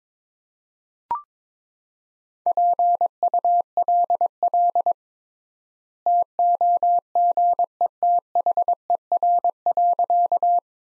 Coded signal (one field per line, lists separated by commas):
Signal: Morse code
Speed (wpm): 22 wpm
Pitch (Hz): 700 Hz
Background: none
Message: PULL TOGETHER.